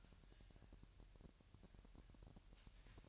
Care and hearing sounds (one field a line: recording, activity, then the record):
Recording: daily activity, microphone in the room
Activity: take from stove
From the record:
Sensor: 2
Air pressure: 1001.9 hPa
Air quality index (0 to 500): 248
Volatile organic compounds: 36 ppm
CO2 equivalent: 3087 ppm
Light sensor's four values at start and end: 5/11/4/5 and 5/11/4/5